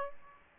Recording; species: mosquito wingbeat signal from an infrared sensor; Aedes aegypti